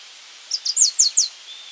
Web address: cantos cerqueamarillo